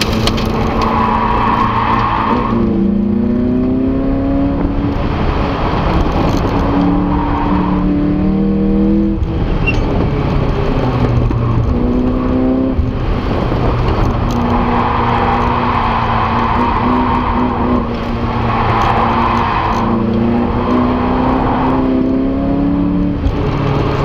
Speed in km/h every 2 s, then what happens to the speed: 73, 91, 101, 98, 105, 86, 84, 76, 78, 80, 82, 99.
0-8 speeds up to 105. 8-15 brakes to 76. 15-24 speeds up to 99.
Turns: 2-7, 12-20.